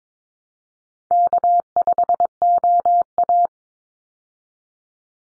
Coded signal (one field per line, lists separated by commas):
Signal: Morse code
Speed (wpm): 22 wpm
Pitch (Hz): 700 Hz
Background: none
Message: K5OA